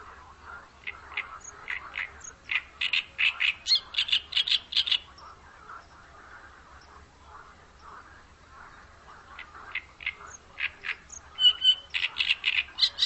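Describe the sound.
Bird uttering quick runs of short, sharp high-pitched chirps, grouped in two bursts separated by a long pause.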